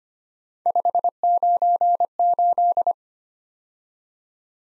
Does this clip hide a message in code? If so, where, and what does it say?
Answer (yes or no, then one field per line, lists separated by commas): yes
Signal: Morse code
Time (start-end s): 0.7-2.9 s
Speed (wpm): 25 wpm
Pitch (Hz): 700 Hz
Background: none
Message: 598